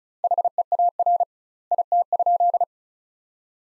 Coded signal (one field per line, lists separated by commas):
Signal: Morse code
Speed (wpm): 34 wpm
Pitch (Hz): 700 Hz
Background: none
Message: HEAR IT?